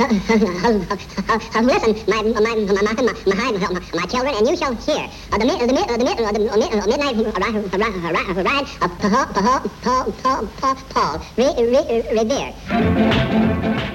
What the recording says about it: He's like a school kid, fat, self-conscious, with a stutter. A recitation by our little friend, Porky Pig. That's almost uncomfortable to listen to. It sounds like a real stutter.